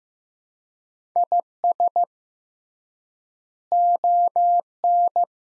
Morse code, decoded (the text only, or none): IS ON